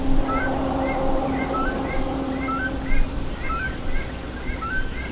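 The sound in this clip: Bird calling in short rising notes, given about once a second in an irregular series, with a low steady hum and rumble underneath.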